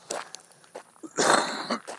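An adult woman gives one harsh, breathy cough after a few short throat sounds; the cough has lasted a few days.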